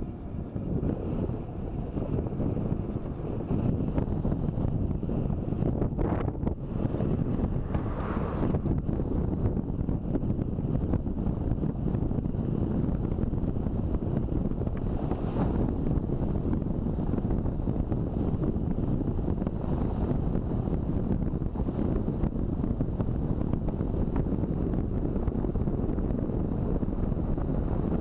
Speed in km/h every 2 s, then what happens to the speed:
29, 30, 29, 28, 29, 30, 31, 32, 33, 34, 36, 37, 38, 40.
0-28 speeds up to 40.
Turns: none.